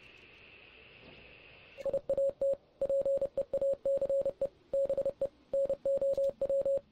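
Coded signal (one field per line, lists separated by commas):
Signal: Morse code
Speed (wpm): 30 wpm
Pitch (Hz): 550 Hz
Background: none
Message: I AT PEACE BE NOW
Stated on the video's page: Morse code from the game Oxenfree.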